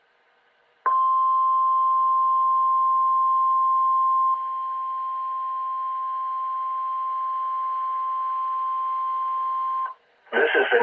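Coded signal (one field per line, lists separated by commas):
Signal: Emergency Alert System (SAME) tones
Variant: 1050 Hz attention tone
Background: speech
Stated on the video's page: Required Weekly Test on a NOAA weather radio transmitter, captured from a live stream.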